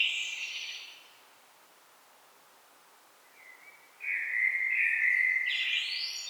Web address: SETE data Turdus merula